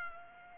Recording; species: mosquito wingbeat signal from an infrared sensor; Culex pipiens